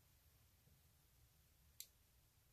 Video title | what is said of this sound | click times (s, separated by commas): Bohemian Vintage Shabby Tassels PART 1 of 2 | you hear that click and so now i have my four jump rings closed and on | 1.8 s